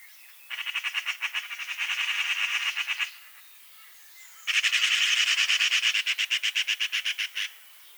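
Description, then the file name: Eurasian magpie chatter: two long, loud bursts of fast, grating rattled notes, each lasting a few seconds, with a brief gap between them. "Pica pica"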